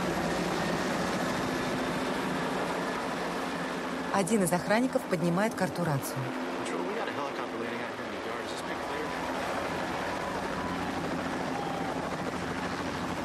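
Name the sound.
helicopter circling overhead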